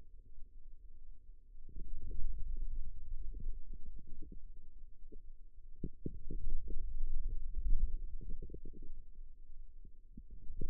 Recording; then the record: forearm muscle sounds (acoustic myography)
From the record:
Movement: wrist flexion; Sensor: system 2, bracelet of six BSWA MPA416 microphones around the upper forearm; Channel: 2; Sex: male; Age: 22 years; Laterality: right